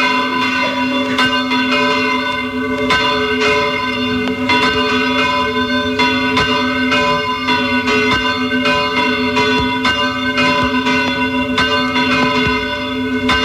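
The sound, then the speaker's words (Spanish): Two church bells of the Cristo Redentor parish church, an octagonal church in Valladolid, Spain, ring steadily, their strikes overlapping in a continuous metallic peal with long, humming overtones that never fade between hits. No voices, just sustained loud ringing. “Suenan dos campanas de la parroquia del Cristo Redentor en Valladolid.”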